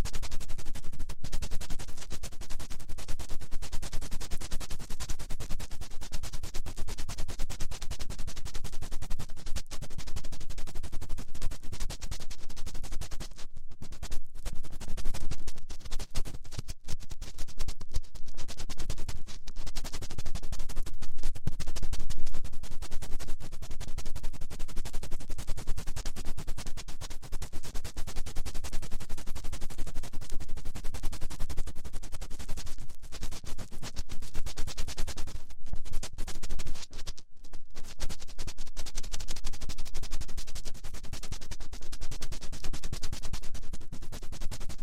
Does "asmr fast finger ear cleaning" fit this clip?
yes